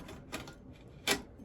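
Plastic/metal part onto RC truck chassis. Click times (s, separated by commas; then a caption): 0.3 s, 0.5 s. A part is pressed onto the metal chassis of a Tamiya Globe Liner heavy-haul RC semi truck during final assembly, near the metal fifth wheel or custom end of the frame. Two soft clicks come at 0.3 s and 0.5 s as it seats, followed by a louder broadband burst around 1.1 s. The part clicks into place and is seated.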